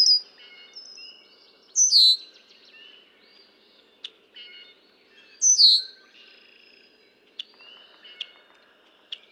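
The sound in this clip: Red-winged blackbird giving two loud downward-sweeping bursts about three and a half seconds apart, with softer whistles and clicks between.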